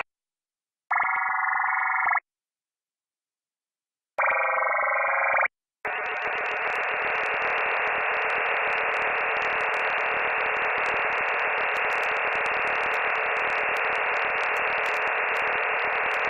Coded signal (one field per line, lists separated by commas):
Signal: digital SSTV (DRM)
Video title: Data bij de Daily Minutes Podcast (DRM, Fldigi) 15 september 2019